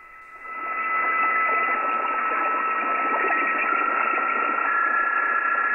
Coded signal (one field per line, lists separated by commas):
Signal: PSK31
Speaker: John says he'll look forward to the video and notes some technology he also uses